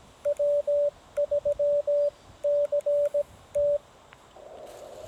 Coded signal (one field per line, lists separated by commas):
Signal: Morse code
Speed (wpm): 17 wpm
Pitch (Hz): 580 Hz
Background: radio noise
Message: W3CT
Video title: How to Easily and Quickly Deploy A Field Antenna for Ham Radio